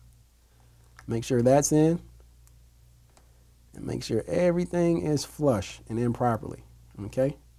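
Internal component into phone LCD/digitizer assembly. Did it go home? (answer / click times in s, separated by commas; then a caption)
no / none. A small internal part is tucked into and pressed flush against an iPhone 5 LCD/digitizer display assembly while someone talks, with a few faint ticks of handling between the words. Nothing has seated or clicked into place yet.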